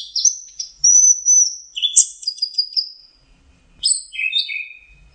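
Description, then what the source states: Orange-headed thrush gives a long, steady high whistle, then buzzy notes, a pause and a few falling whistled phrases. Masteran song used for training kept birds.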